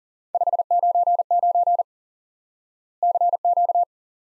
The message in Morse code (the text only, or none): 599 CQ